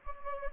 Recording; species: mosquito wingbeat signal from an infrared sensor; Anopheles gambiae